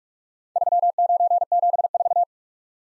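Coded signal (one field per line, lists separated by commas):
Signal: Morse code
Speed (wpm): 46 wpm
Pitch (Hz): 700 Hz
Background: none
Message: 3974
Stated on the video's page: Morse practice of random four-character letter-number groups at 45 wpm for head-copy.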